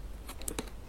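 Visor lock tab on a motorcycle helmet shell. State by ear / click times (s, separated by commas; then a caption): seated / 0.5 s. The plastic visor locking tab on the shell of an HJC RPHA 11 Kylo Ren full-face motorcycle helmet is slid to the left, passing several clicks, so the visor cannot lift at high track speeds. Short, bright clicks sound against a faint steady hiss, with the lock clicking shut at 0.5 s and a second sharp click following at 0.6 s. The visor lock ends up seated and closed.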